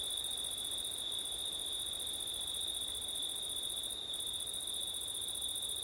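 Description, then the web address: Crickets keep up a continuous shrill chirring, a sharp upper tone briefly dipping twice. Crickets on a September night, recorded with wind; ORTF microphone setup. "audio crickets wind september night ortif"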